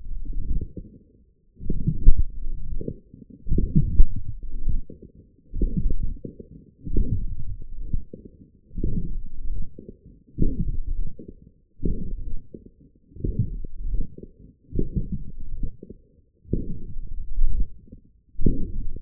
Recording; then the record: forearm muscle sounds (acoustic myography)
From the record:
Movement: forearm pronation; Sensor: system 1, eight BSWA MPA416 microphones around the upper forearm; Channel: 8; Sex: male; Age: 21 years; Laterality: right